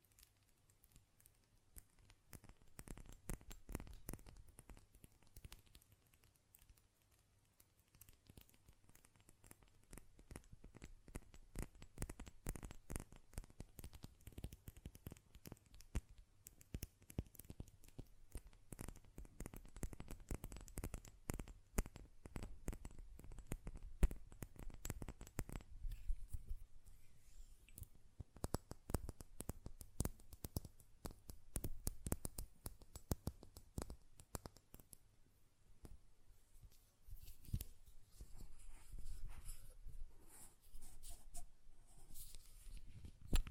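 A glass perfume bottle is tapped and its lid handled in a long run of sharp clicks and taps. The taps start sparse, grow dense and rapid through the middle, then thin out with brief pauses near the end, over a faint low hum.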